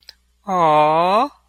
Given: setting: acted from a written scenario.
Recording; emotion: vocal sound without words; adoration